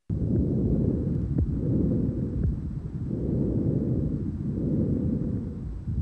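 Low rustling breaths with inhale and exhale of similar length, heard over an adult chest with a stethoscope: normal bronchovesicular breath sounds, a bronchovesicular murmur.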